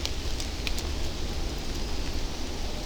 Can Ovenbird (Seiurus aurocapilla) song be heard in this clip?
no